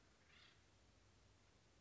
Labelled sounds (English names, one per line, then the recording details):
Acorn Woodpecker
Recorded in Sonoma County, California